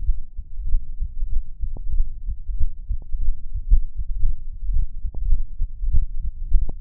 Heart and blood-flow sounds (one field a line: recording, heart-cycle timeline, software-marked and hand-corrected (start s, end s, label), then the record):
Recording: heart sounds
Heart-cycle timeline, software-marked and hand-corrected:
0.00	0.07	diastole
0.07	0.19	S1
0.19	0.37	systole
0.37	0.45	S2
0.45	0.67	diastole
0.67	0.81	S1
0.81	0.99	systole
0.99	1.09	S2
1.09	1.29	diastole
1.29	1.41	S1
1.41	1.61	systole
1.61	1.69	S2
1.69	1.91	diastole
1.91	2.05	S1
2.05	2.25	systole
2.25	2.35	S2
2.35	2.55	diastole
2.55	2.69	S1
2.69	2.89	systole
2.89	2.99	S2
2.99	3.21	diastole
3.21	3.33	S1
3.33	3.45	systole
3.45	3.51	S2
3.51	3.69	diastole
3.69	3.81	S1
3.81	3.97	systole
3.97	4.05	S2
4.05	4.23	diastole
4.23	4.33	S1
4.33	4.45	systole
4.45	4.51	S2
4.51	4.69	diastole
4.69	4.83	S1
4.83	4.97	systole
4.97	5.05	S2
5.05	5.25	diastole
5.25	5.39	S1
5.39	5.57	systole
5.57	5.67	S2
5.67	5.87	diastole
5.87	6.03	S1
6.03	6.21	systole
6.21	6.31	S2
6.31	6.53	diastole
6.53	6.67	S1
6.67	6.81	systole
From the record:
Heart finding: aortic stenosis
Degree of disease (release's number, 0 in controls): 2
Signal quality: good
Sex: female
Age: 90 years or older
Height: 1.63 m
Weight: 60 kg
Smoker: no